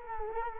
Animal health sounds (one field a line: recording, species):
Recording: mosquito wingbeat signal from an infrared sensor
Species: Culex quinquefasciatus